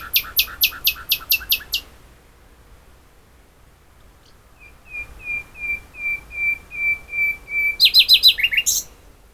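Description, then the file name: Common nightingale singing: a fast burst of sharp clicking notes, a pause, then a steady row of clear whistled notes, ending in a quick rattling flourish. "Luscinia megarhynchos"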